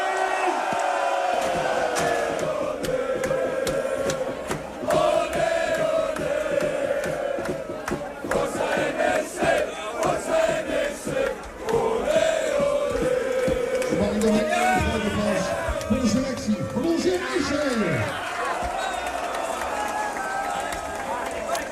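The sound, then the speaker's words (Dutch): A large crowd of NEC football fans in Nijmegen cheers and shouts, celebrating the club's 2-1 win over NAC and promotion to the Eredivisie, a dense, loud roar of voices with whoops and chanting swelling continuously throughout. “En dat leidde in Nijmegen tot een explosie van blijdschap.”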